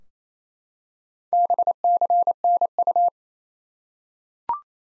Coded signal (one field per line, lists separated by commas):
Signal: Morse code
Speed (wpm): 28 wpm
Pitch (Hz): 700 Hz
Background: none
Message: BCNU